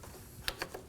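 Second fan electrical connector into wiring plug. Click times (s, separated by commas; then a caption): 0.5 s. The second radiator fan's electrical connector is pushed into its wiring plug on a 2014-2020 Acura MDX during a radiator replacement. A sharp click at 0.5 s is followed by two fainter clicks at about 0.6 s and 0.7 s, and the connector is seated. No one talks in the clip.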